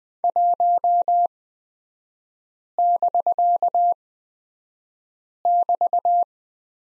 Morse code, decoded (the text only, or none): 1<BK><BT>